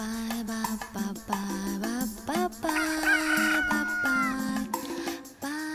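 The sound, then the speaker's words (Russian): A rooster crows loudly with rising, drawn-out harmonic calls, overlapping with other crows and clucks in a continuous burst of fowl noise lasting several seconds. “Все с тем же петухом.”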